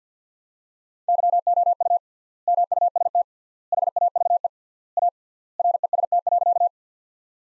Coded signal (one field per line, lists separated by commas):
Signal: Morse code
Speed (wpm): 50 wpm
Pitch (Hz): 700 Hz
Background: none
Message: YOU MUST HAVE A REST.